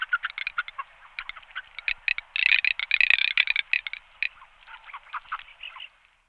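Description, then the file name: Garganey making quick, dry, clicking rattles in uneven runs, with the louder, denser burst in the middle. "marzaiola"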